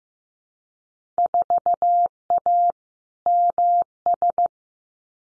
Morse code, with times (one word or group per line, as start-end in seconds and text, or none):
1.2-2.7 4A
3.3-4.5 MS